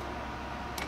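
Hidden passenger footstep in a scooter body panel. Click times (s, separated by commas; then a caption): 0.8 s. Someone presses the hidden fold-away passenger footstep set into the body panel of a Volta Virgo electric scooter, over a steady background hum. The push latch releases with a short tick at 0.8 s, and the footstep pops out.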